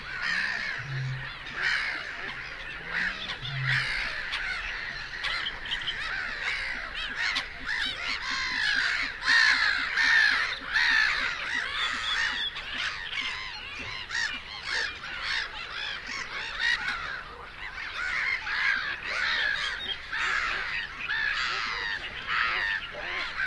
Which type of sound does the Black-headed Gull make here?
call